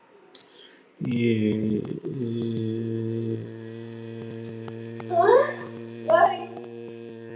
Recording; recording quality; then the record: sustained vowel as in made; moderate, slight background noise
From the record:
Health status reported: healthy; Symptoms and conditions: none ticked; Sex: male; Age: 32 years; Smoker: not ticked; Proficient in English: yes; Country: India